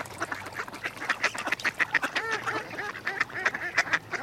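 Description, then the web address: Mallard calls: rapid overlapping quacks and nasal rasping notes, with a run of lower quacks in the middle over constant chatter. Males and females. "BBC Ducks"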